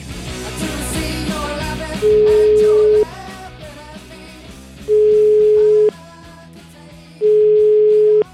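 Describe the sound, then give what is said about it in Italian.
A phone call placed on the radio show La Zanzara rings out with three long, steady, mid-pitched tones, each about a second, separated by pauses, over continuous background music. “Telefono, sono. Vai.”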